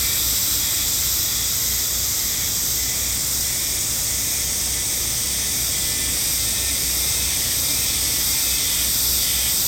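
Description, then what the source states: Dense cicada chorus of steady shrill buzzing, with a faint pulsing undertone and nothing else prominent. Chorus in the sacred forest of Nou Hakusan Shrine, Japan, the northernmost habitat on the Sea of Japan side; possibly near season's end; calling fairly well; recorded with an MKH8020 microphone.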